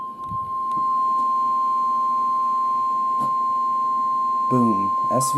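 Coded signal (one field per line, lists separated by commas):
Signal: Emergency Alert System (SAME) tones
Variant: 1050 Hz attention tone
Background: speech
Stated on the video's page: Severe thunderstorm watch received late at night with the radios turned down.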